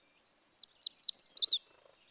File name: Magnolia Warbler